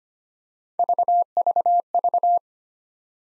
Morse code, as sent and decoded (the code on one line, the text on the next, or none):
none